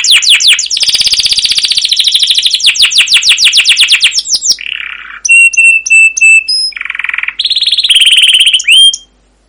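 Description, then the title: Canary song: a long rapid rolling trill of repeated notes, followed by buzzy bursts, sharp repeated whistles and a short final trill. Long rolling canary song used as a master lure recording to trigger canaries to sing, described as chirping and rolling continuously. "CUIT CUIT NGEROL LANGSUNG GACOR PANJANG Kenari Ini AMPUH Utk Pancingan KENAR. Masteran Suara Burung Kenari Gacor Panjang cuit cuit Ngerol untuk Pancingan Kenari!"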